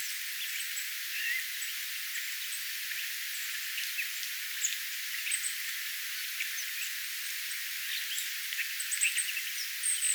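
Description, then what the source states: Thrush twittering softly, a long run of thin, high chirps and brief whistles scattered with little pause. Twittering song with varied song themes; possibly a sinihohtorastas or another more eastern yellow-billed thrush species.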